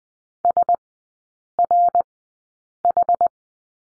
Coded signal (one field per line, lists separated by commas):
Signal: Morse code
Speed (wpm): 20 wpm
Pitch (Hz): 700 Hz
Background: none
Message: SRH